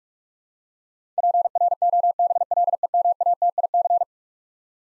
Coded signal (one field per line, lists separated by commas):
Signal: Morse code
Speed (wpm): 42 wpm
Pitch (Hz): 700 Hz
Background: none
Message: PROBLEMATIC